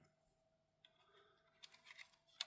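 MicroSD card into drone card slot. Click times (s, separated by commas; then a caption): 2.4 s. A 256GB microSD card is pushed into the card slot of a DJI Avata 2 camera drone. Faint scraping ticks come at about 0.9 s and between 1.6 and 2.0 s, and then a sharp, loud snap at 2.4 s marks the card seating in the slot.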